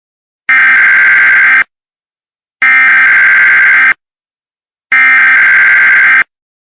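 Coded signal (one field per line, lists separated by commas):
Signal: Emergency Alert System (SAME) tones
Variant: header bursts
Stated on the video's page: Simulated alert scenario with multiple sirens from another creator.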